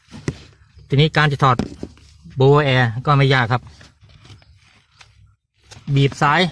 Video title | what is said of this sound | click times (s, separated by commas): ISUZU D-max พัดลมโบเวอร์แอร์ไม่หมุน หมุนช้า ถอดล้างผงแปรงถ่าน ทำเองไม่ยาก | ใส่ครอบเสียบไว้ตรงๆกดเข้าไปเข้าล็อคที | 0.3 s